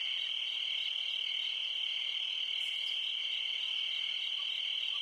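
Crickets giving a dense, even, high-pitched trill without pauses, plus one short faint higher note midway.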